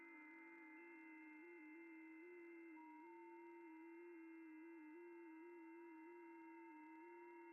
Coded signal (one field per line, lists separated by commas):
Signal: FT8